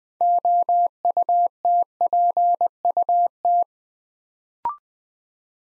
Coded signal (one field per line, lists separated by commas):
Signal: Morse code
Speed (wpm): 20 wpm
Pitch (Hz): 700 Hz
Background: none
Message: OUTPUT